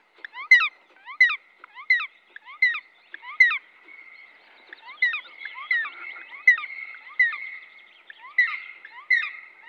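Black woodpecker giving a series of sharp, ringing notes, about one or two per second, somewhat irregular, with overlapping fainter calls later.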